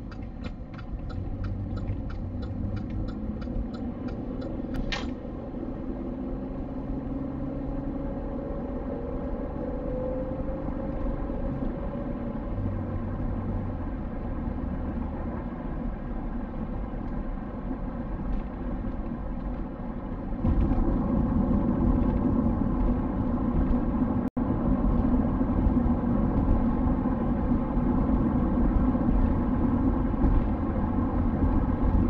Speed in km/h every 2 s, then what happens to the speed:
23, 33, 46, 57, 68, 74, 77, 76, 74, 71, 74, 78, 82, 85, 88, 90.
0-13 speeds up to 77. 13-19 steady at about 74. 19-32 speeds up to 90.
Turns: none.